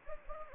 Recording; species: mosquito wingbeat signal from an infrared sensor; Anopheles gambiae